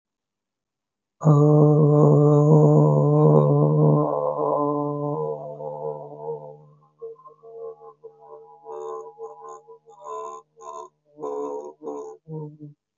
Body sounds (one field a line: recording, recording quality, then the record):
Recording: sustained vowel as in boot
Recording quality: excellent, no background noise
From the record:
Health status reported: healthy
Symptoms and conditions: none ticked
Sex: male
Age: 33 years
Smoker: not ticked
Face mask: not worn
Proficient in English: yes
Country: India